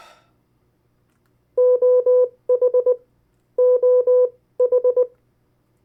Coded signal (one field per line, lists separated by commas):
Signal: Morse code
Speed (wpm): 19 wpm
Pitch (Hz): 500 Hz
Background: none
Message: OH OH